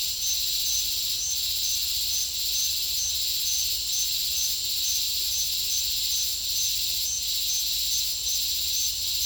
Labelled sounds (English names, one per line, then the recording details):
none
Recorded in dense forest near Puerto Asís, Putumayo, Colombia, on 22 December 2024 at 08:30
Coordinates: 0.485, -76.318
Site GP03